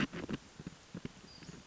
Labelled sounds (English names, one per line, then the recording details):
Western Flycatcher
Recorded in Sonoma County, California